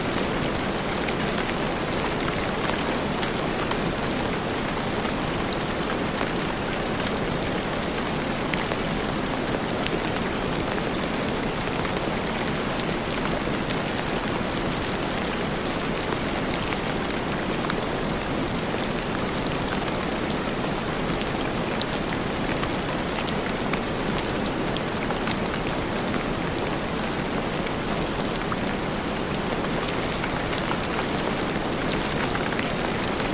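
Heavy rain pours down in a dense, unbroken hiss that holds the same level for the whole stretch. Countless drops patter close by on a hard surface, bright and crackly on top, with a faint low hum running steadily underneath.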